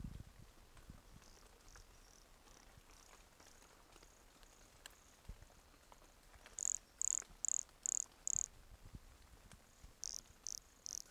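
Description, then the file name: Pumpkin toadlet with faint high notes at first, then five loud short buzzy pulses at regular intervals, trailing into quieter repeats. Recorded at Entroncamento, Teba, in January 2020, with the animal 20 cm from the microphone. "MHNCI Brachycephalus sulfuratus Entroncamento Teba 20 cm from microphone LFR JAN-2020"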